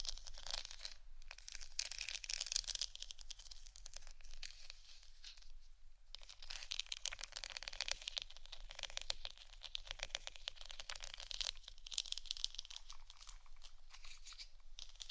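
Dense, bright scratching runs almost without a break, a rapid stream of crisp, papery scrapes and crackles. It swells in bursts, with a brief thinning near six seconds before picking up again. A faint low hum sits underneath throughout.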